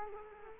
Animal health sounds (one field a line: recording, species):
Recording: mosquito wingbeat signal from an infrared sensor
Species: Culex quinquefasciatus